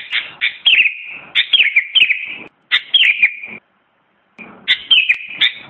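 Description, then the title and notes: Sooty-headed bulbul singing lively phrases of slurred, descending warbled notes, with a pause before a final warbled phrase. Presented as a complete masteran track, birdsong used for training songbirds. "Burung Kutilang. Kicau Burung Masteran Lengkap"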